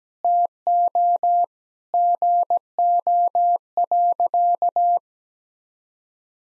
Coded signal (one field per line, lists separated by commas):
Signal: Morse code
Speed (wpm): 17 wpm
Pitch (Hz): 700 Hz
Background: none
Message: TO GO.